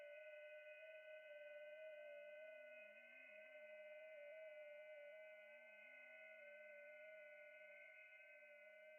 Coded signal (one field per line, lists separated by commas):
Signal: FT8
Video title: Come have some fun while i try making contacts on Amateur Radio FT8 &FT4